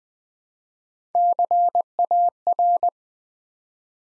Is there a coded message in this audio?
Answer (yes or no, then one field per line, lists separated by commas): yes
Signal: Morse code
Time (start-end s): 1.1-2.9 s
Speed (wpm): 20 wpm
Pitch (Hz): 700 Hz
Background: none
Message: CAR